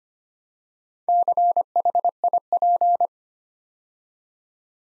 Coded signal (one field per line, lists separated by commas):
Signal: Morse code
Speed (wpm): 25 wpm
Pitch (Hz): 700 Hz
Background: none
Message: CHIP